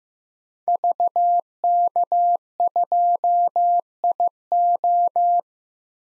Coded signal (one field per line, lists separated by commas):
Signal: Morse code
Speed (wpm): 15 wpm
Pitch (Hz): 700 Hz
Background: none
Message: VK2IO